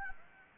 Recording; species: mosquito wingbeat signal from an infrared sensor; Anopheles gambiae